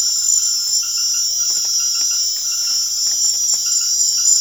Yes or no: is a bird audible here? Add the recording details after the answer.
no. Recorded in secondary vegetation near Puerto Asís, Putumayo, Colombia, on 24 June 2025 at 19:00. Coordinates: 0.500, -76.326. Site GP08